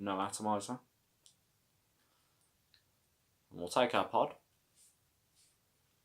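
A plastic refill pod is handled at the top slot of an SXMini Mi Class pod-system battery body while someone talks, with two faint, brief ticks at about 1.3 and 2.7 seconds in the quiet gap between speech. The pod has not yet seated or clicked into place by the end of the clip.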